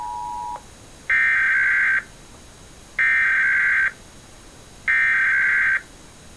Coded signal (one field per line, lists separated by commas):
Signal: Emergency Alert System (SAME) tones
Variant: header bursts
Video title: Second National Emergency Alert System Test - September 28, 2016 2:20 PM DISH/WNEP